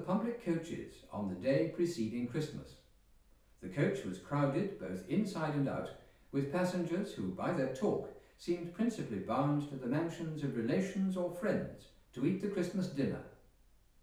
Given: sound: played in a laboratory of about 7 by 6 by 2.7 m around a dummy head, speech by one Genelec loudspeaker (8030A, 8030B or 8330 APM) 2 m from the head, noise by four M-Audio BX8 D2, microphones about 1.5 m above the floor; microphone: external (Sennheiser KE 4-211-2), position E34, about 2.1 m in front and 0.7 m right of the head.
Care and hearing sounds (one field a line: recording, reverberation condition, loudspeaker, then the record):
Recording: male speech in English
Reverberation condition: medium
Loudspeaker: 120 degrees to the left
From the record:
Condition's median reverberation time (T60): about 510 ms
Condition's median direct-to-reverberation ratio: about -0.5 dB